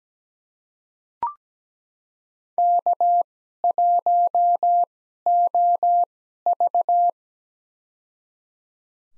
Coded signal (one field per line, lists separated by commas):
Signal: Morse code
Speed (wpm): 17 wpm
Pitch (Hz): 700 Hz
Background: none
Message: K1OV